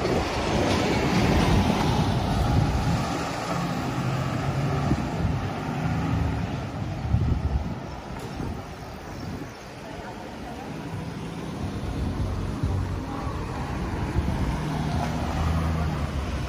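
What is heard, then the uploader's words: Street sounds while walking through a city, dominated by heavy rumbling wind buffeting the microphone and the low drone of passing traffic. The roar stays dense throughout, easing slightly around the middle before building again, with faint brighter murmurs of activity underneath. Street Sounds. Walking In Tel Aviv, Israel.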